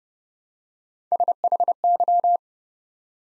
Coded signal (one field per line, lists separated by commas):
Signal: Morse code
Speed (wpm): 30 wpm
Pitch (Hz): 700 Hz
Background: none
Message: SHY